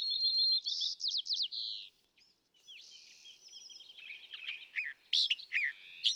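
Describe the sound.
California thrasher song, opening with rapid repeated slurred notes and sweeping phrases, a short silence, then a rambling mix of chirps, buzzes and warbles.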